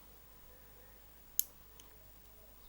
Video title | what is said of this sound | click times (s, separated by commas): Xray X1 build series part 5. Motor pod continued | you'll hear it click make sure it's on it sits | 1.4 s